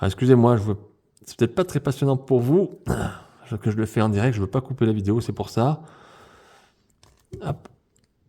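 Someone talks while fitting a plastic extension piece into the body of a Masters of the Universe Origins Extensor action figure to make it taller, followed by faint plastic handling ticks around 6.9 to 8.0 seconds. Nothing has seated or clicked into place yet.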